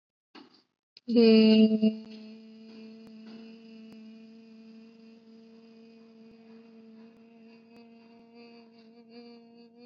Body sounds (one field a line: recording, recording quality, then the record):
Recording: sustained vowel as in made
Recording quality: excellent, no background noise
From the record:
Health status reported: COVID-19 positive, no symptoms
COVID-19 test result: positive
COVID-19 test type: RT-PCR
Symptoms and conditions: cold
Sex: female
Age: 20 years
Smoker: no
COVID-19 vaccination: both doses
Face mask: not worn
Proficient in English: yes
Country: India